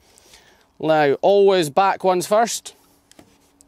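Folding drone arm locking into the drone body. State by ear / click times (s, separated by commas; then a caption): seated / 3.1 s, 3.6 s. Someone talks as the rear folding arms of a compact DJI M30 drone are unfolded into their flight position. Sharp clicks come at 3.1 s and 3.6 s as the arms lock into the drone body, and they are seated in place.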